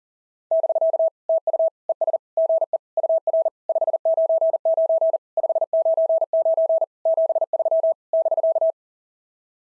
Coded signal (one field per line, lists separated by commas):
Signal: Morse code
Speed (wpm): 40 wpm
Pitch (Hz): 650 Hz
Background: none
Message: <BK> TU ES GE UR 599 599 73 <BK>